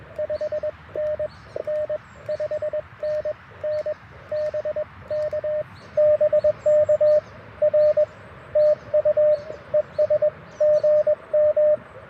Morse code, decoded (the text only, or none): 5NN 5NN BK BK R TU ES GM